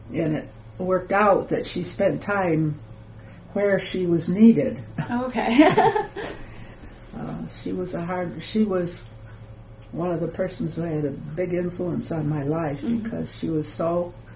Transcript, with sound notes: And it worked out that she spent time where she was needed. [Laughs] She was...she was one of the persons who had a big influence on my life because she was so